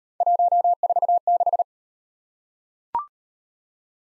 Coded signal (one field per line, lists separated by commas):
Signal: Morse code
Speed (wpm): 34 wpm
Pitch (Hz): 700 Hz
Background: none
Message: 146